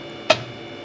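An assembled mug-holding rotary part is pushed into its housing on a laser rotary attachment. A single sharp click is heard at 0.3 s against quiet background hum. The holder locks into place, seated in the base.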